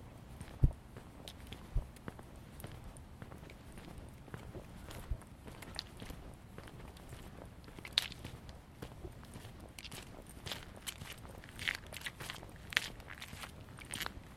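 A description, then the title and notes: A walk in Ravenna Park, Seattle, with footsteps crunching at an uneven pace against a steady low rumble. Sharper clicks and snaps stand out near the start and again around eight, twelve and thirteen seconds, and a few brief bird chirps come through. I took a walk in Ravenna Park, Seattle.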